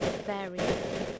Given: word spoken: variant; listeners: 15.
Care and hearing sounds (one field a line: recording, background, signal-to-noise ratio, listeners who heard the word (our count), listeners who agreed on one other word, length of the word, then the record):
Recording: one English word in noise, from a listening test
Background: noise modulated by three-talker babble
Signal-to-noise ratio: -4.8 dB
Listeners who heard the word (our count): 0 of 15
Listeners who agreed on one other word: 7 of 15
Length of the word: 0.80 s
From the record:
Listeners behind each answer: 7, 4, 1, 1, 1, 1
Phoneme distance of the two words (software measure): 34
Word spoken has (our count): 2 syllables, 6 phonemes, stress on syllable 1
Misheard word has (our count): 2 syllables, 4 phonemes, stress on syllable 1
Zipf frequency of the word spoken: 2.74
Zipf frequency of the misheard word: 4.16